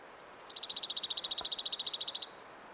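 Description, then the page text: Dark-eyed junco delivering one rapid, even, high musical trill of many identical notes lasting nearly two seconds, against a quiet background hiss. "Атлас птиц - Серый юнко. Junco hyemalis"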